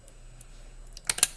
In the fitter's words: push down gently until it clicks in